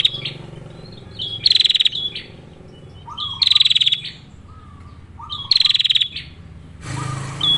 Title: Prenjak Betina || Masteran Betina Ngerol ngerol Memanggil Jantan Ampuh